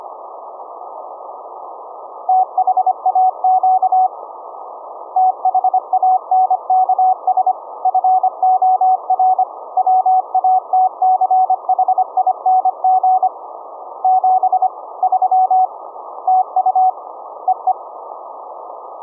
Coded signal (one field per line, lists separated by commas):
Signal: Morse code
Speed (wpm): 25 wpm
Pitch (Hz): 750 Hz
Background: none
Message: THAQ THANKS FOR WATCHING 73 TU EE